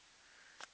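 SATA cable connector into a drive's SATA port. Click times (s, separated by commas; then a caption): 0.6 s. A SATA data cable connector is pushed onto a drive's SATA port. Over a steady hiss, a short, bright click is heard at 0.6 s as the cable's locking latch engages, and the connector is seated.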